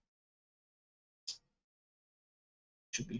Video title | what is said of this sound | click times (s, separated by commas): DIY Phone Repair (Battery & Camera replacement) - Is it possible? | Snaps in place. | 1.3 s